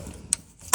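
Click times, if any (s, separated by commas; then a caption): 0.3 s. A replacement control circuit board is pushed into its plastic mount under a GE dishwasher and snaps into place with a sharp click at 0.3 s. A second brief, louder broadband knock follows at 0.7 s over faint low rumble. The board is seated and held in.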